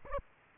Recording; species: mosquito wingbeat signal from an infrared sensor; Aedes aegypti